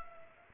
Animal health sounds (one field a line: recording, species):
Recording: mosquito wingbeat signal from an infrared sensor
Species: Culex pipiens